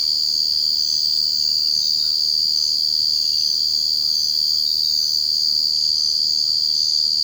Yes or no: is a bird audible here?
no